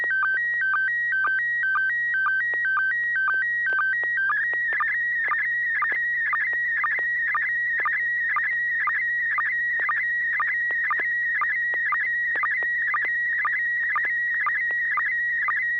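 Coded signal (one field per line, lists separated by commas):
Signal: SSTV (slow-scan television)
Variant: PD120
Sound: warbling electronic tones stepping in pitch with regular short low blips twice a second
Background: low mains hum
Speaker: pd10 [Music] d d d [Music] d [Music]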